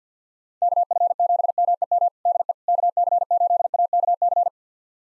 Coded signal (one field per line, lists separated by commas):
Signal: Morse code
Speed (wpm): 47 wpm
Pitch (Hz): 700 Hz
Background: none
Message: KF7MEM DE KC8AKC